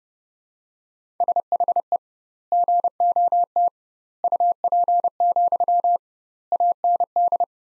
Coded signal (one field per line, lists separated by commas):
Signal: Morse code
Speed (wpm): 30 wpm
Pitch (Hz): 700 Hz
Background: none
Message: SHE GOT UP, AND